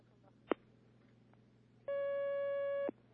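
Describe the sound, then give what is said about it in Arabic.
A single click is followed by a steady, high electronic telephone tone lasting about a second, with harmonics stacked above it, then silence over a low hum, as another caller's call comes in on a phone-in religious questions program. “نستقبل مكالمة أخرى.”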